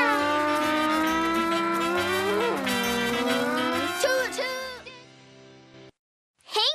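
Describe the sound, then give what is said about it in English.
A car engine revs as the car drives off along a tree-lined road, with a whining, tonal roar that swoops up and down in pitch, then trails off into silence before a short final burst of noise. “Let's hit the road again.”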